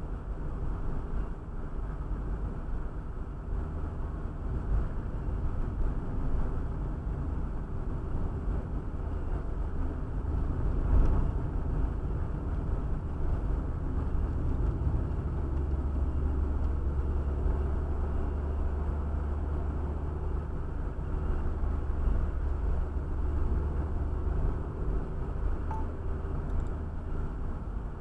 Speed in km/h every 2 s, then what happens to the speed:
45, 47, 46, 46, 46, 45, 45, 43, 42, 45, 44, 43, 46, 47.
0-28 steady at about 45.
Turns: none.